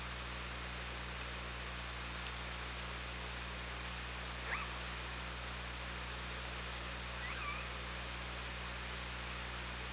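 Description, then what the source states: Orca calls: two short harmonic cries a few seconds apart, the second with a brief flat tone, over steady background hiss and hum. Recorded underwater by the OrcaLab hydrophone on 24 August 2017 at 17:00:37.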